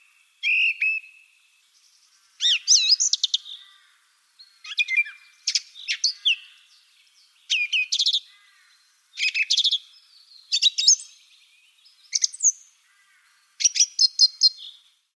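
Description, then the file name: Song thrush song: a run of varied phrases about every one to two seconds, mixing clear whistles, rattles and squeaky notes. "Golosa ptic - Drozd pevchij"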